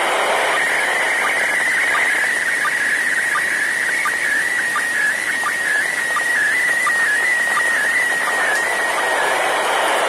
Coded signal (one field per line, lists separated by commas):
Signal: SSTV (slow-scan television)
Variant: PD 90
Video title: Part 2: SSTV on IO-86 on 22 Oct 2023 starting 04:47 UTC